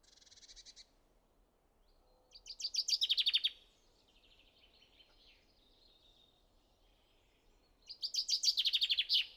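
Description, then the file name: Common chaffinch singing: the end of one phrase, then two bright, descending rattling phrases, with soft high twittering between them. "Fringilla coelebs"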